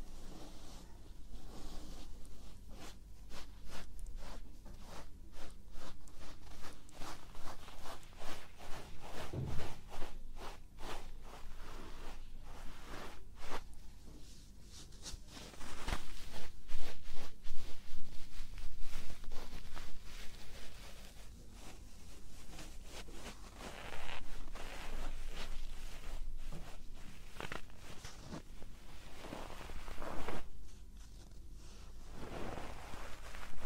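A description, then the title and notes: Ear brushing and tapping fill the whole stretch as a dense run of soft, crackly strokes and quick taps, packed closely together with no long pauses. It grows louder and busier from about sixteen seconds on, under a steady low rumble. Ear brushing. Ear tapping. Ear touching.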